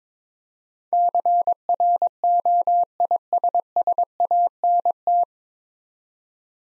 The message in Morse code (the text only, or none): CROISSANT